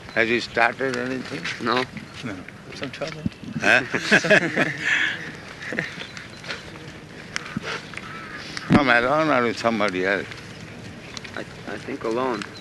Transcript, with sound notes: Has he started anything?
No.
Some trouble. [laughter]
...come alone or with somebody else?
I think alone.